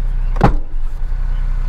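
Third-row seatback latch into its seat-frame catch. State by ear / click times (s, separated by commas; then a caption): seated / 0.4 s. A rear seatback in a 2024 Toyota Land Cruiser First Edition is raised back up and pushed until its latch engages in the seat-frame catch. A sharp double clunk comes at 0.4 s and 0.4 s over a steady low hum, and the seatback locks into place.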